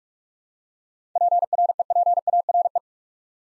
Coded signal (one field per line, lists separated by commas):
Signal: Morse code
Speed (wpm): 44 wpm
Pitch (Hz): 700 Hz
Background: none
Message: PREPARE